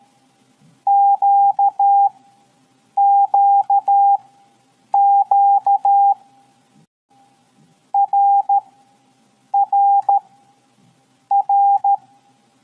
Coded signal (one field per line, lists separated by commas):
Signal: Morse code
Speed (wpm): 13 wpm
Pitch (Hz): 800 Hz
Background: none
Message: QQQ RRR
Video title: 1. LEARN MORSE CODE with FUN (2025 Update)!